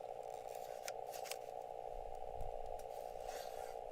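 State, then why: Not seated. Another attempt is made to seat the bottom piece being refitted onto a piece of portable field equipment, giving a few small plastic knocks over a steady midrange tone. The bottom piece again fails to lock, and nothing has seated or clicked.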